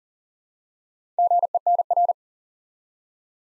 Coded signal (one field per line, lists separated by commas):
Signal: Morse code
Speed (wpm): 40 wpm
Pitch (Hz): 700 Hz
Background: none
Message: GENR